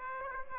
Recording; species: mosquito wingbeat signal from an infrared sensor; Aedes aegypti